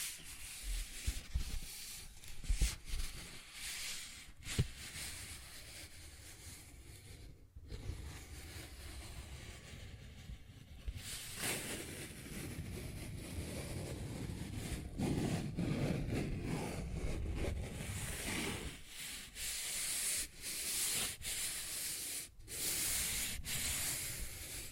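Paper bag being tapped and scratched, with a steady rustling scrape running through most of the clip. Sharp taps land irregularly, the loudest near five seconds, and the scratching grows brighter and denser after about eleven seconds, with brief pauses around eight and twenty-two seconds.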